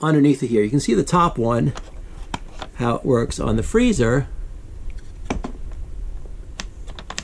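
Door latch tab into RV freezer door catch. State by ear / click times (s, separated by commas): seated / 7.2 s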